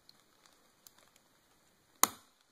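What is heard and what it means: A RAM stick is pressed firmly down into a motherboard DIMM slot, with a few faint light ticks as it is handled. One loud, sharp click sounds at 2.0 s as the retaining clips snap shut, and the module is seated.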